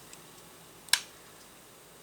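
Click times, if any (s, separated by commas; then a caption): 0.9 s. A plastic toy brick part, flipped around after being fitted the wrong way, is pressed back onto a toy race car from the LEGO City 2023 Custom Car Garage 60389 set. A faint tick at 0.9 s comes just before a sharp, bright click at 0.9 s as the part snaps into place. It is seated.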